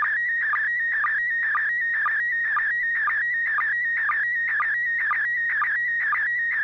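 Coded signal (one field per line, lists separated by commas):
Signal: SSTV (slow-scan television)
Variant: PD120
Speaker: I'll turn it over to you and see if you have something ready to send uh go ahead over okay this is pd120 n6 pgq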